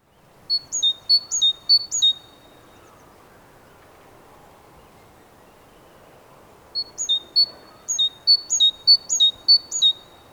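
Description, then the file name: Great tit song, a short run of high-low whistled pairs, a pause of several seconds, then a longer run of the same repeated pairs. "Parus major"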